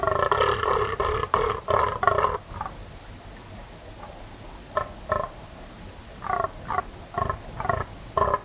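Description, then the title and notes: Fallow deer groans, a rapid series of short guttural bursts for two seconds, a pause, then sparser and fainter groans resuming. Fallow buck during autumn rut, 3am moonless cold still night, West Dorset; staking his claim, warning off rivals and guarding his does; guttural bellow echoing through combes and hills. "Sound Escape 38: the eerie and dramatic fallow deer rut on a dark Dorset night. It's 3am on an autumn night in West Dorset. A fallow buck is staking his claim, warning off rivals and guarding his does. A guttural bellow that bursts the quiet and echoes through the combes and hills. BBC Countryfile Magazine. Recorded by Kevin Parr"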